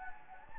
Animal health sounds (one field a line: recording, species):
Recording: mosquito wingbeat signal from an infrared sensor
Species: Anopheles gambiae